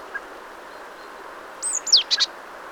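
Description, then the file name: Great tit calls: two high thin notes, a sharp downslurred note and two quick paired chips near the end, over a steady background hiss. "Parus major"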